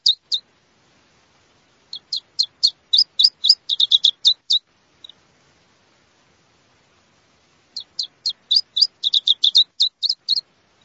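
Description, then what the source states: Iberian Chiffchaff song: two brief high notes, then a phrase of evenly spaced sharp notes that quickens into a dense run, a long pause, and another similar accelerating phrase. Male song.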